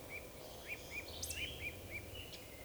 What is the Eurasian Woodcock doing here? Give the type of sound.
whistle